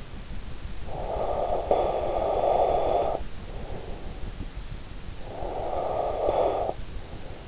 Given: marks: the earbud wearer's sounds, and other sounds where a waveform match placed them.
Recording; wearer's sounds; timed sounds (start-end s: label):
sounds in sleep by an in-ear microphone; breath
0.62-4.27 s: breath
5.01-7.48 s: breath